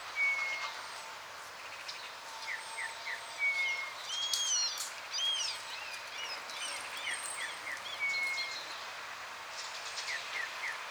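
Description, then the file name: Eurasian bullfinch soft piping whistles, a few spaced single notes, mixed with other birds' downslurred chirps and brief twittering phrases against a constant background hiss. "Pyrrhula pyrrhula"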